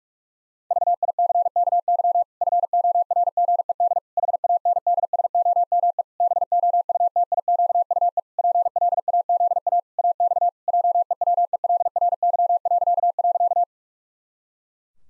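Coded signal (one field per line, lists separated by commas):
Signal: Morse code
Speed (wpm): 48 wpm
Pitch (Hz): 700 Hz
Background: none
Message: VICKY FORGED HANDSOME BOUTIQUE PLAZA AX JEWELRY..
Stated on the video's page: Morse practice at 45 wpm, pangrams for head-copy, each sent in Morse, spoken, then sent again.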